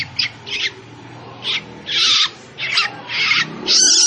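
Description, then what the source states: Long-tailed shrike song of harsh, rasping bursts, uneven in spacing and length, with some notes longer and louder toward the end. Long-tailed shrike described as gacor, singing actively and often.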